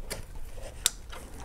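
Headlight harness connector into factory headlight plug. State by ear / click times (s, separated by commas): seated / 0.9 s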